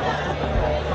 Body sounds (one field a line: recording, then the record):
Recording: background sound without coughing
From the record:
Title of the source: CITY SOUNDS Busy Bar in the Evening Night - 2 HOURS of Ambiance for Relaxation